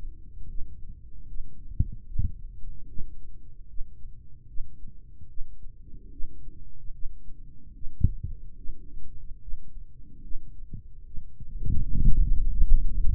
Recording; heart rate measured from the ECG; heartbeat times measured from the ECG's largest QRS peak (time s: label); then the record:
heart sounds by microphone in the right ear; 74 bpm
0.50 s: heartbeat
1.29 s: heartbeat
2.08 s: heartbeat
2.89 s: heartbeat
3.69 s: heartbeat
4.49 s: heartbeat
5.30 s: heartbeat
6.12 s: heartbeat
6.94 s: heartbeat
7.75 s: heartbeat
8.58 s: heartbeat
9.42 s: heartbeat
10.24 s: heartbeat
11.07 s: heartbeat
11.90 s: heartbeat
12.67 s: heartbeat
From the record:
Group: healthy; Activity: rest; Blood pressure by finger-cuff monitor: 123/88 mmHg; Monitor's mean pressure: 100 mmHg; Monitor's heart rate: 73 bpm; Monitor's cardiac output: 3.5 L/min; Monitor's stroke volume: 47 mL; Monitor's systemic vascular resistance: 2120 dyn s/cm5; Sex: male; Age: 55 years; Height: 167 cm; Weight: 57.2 kg